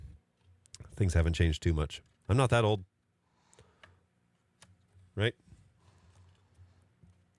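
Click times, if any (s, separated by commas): none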